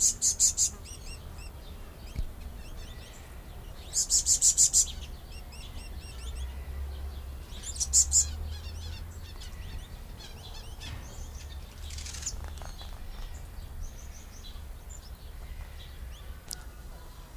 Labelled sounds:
Zanzibar Red Bishop call
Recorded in captivity
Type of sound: call
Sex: male
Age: adult
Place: Zoo Berlin, Berlin, DE
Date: 1999-07-03 11:52
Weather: fair, 25-27°C
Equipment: Sony WM-D6C, Sennheiser ME 80, Kopie Uher 4000 Report Monitor
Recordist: Tembrock, Günter
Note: Männchen: Rufreihen (Entfernung 1 m)

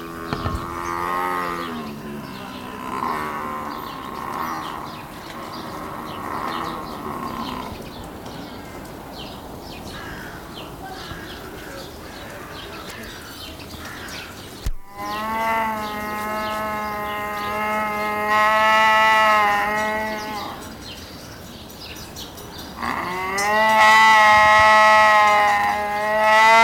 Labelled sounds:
Jaguar call
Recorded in captivity
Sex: male
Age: adult
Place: Zoo Berlin, Berlin, DE
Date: 1997-03-04 13:25
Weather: heiter, 10 bis 15°C
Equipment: Nagra SN, Kopie Uher 4000 Report Monitor
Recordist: Tembrock, Günter

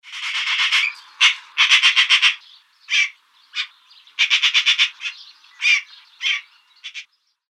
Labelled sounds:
Common Green Magpie
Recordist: Tembrock, Günter
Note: Rufe und Schackern

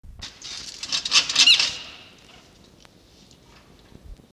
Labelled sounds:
Red Fox
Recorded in captivity
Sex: male
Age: juvenile
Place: Zoologisches Institut der HUB, Berlin, DE
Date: 1952-05-30 19:20
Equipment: Elmetra
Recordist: Tembrock, Günter
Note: Fiffi scharrt hinter dem Kasten, stößt dabei unsanft gegen Welpen. Welpe Toni: Schmerzschrei

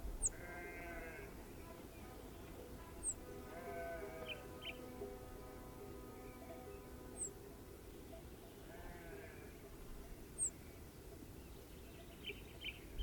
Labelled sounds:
Rock Bunting call
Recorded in the wild
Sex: Männchen
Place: Lakatnik, Sofia, BG
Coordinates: 43.053, 23.409
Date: 1974-05-18
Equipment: Nagra III BH, Sennheiser MD 21, parabola
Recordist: Schubert, Michael

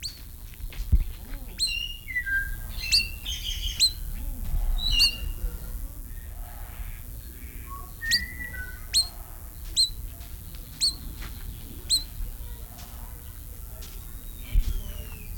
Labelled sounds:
Black Curassow call
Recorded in captivity
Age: adult
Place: Zoo Berlin, Berlin, DE
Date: 1994-07-02 11:40
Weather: sonnig, 20-24°C
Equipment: Marantz CP 430, Sennheiser ME 80, Kopie Uher Variocord 263
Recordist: Tembrock, Günter

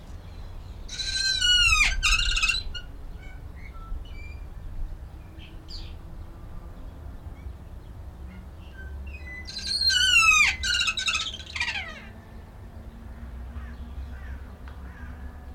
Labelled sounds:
Kea
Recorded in captivity
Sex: pair
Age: adult
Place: Zoo Berlin, Berlin, DE
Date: 1993-03-20
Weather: 5-8 ° C, böiger Wind
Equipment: Marantz CP 430, Sennheiser ME 80, Kopie Uher Variocord 263
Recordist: Tembrock, Günter

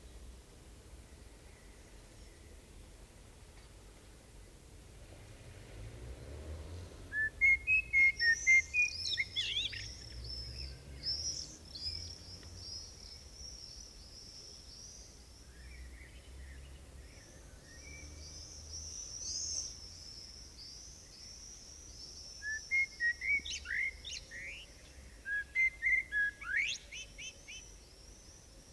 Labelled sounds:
Common Blackbird song
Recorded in the wild
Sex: male
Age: adult
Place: Bielefeld-Mitte, Nordrhein-Westfalen, DE
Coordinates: 52.0108, 8.55083
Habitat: residential district
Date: 1969-07-14
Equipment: Uher 4000 Report-S, Bändchenmikro Beyer M 260, Parabolspiegel Polyester (470 mm)
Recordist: Conrads, Klaus

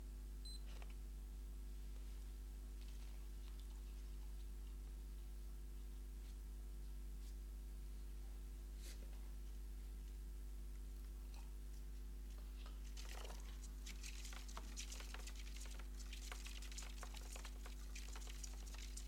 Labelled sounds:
Common Pine Vole defence call
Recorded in captivity
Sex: female
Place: Wohnung, Berlin, DE
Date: 1988-09-18
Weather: Zimmertemperatur
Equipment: Tesla B 115, RFT DM 2415 (Originalband)
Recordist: Frommolt, Karl-Heinz
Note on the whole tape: Laute beim paarweisen Zusammensetzen von zwei Männchen (Tier 1 und Tier 2). Wildfang aus Erzgebirge

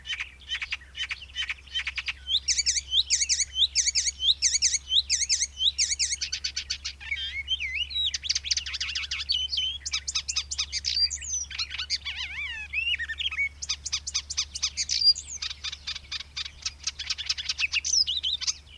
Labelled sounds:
Icterine Warbler song
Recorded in the wild
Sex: male
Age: adult
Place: Möhrendorf, Bayern, DE
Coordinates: 49.6361, 10.9861
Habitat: pond
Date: 1962-05-13
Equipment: Original, Vollspur
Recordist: Tretzel, Erwin

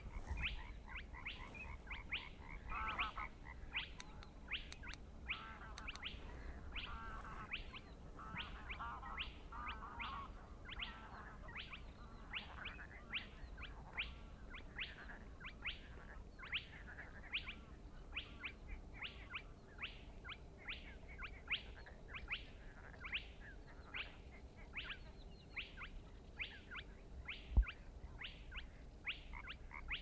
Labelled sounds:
Spotted Crake
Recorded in the wild
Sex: male
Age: adult
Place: Schwedt/Oder, Nationalpark Unteres Odertal, Brandenburg, DE
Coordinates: 53.1212, 14.3557
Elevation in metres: 1
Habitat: wetland
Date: 2015-04-23 02:46
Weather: clear, 3°C, almost windless
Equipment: Sound Devices 702, Sennheiser MKH 70, Rycote Windschutz
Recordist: Frommolt, Karl-Heinz

